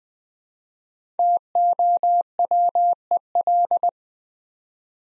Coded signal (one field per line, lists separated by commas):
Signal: Morse code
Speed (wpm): 20 wpm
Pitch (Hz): 700 Hz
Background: none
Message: TOWEL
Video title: Easy Words with Hints - 20wpm